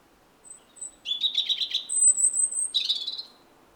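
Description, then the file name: European robin song: a thin high whistle, then a buzzy trill lower down, another drawn-out high whistle, and a closing warbled flourish. "Erithacus rubecula"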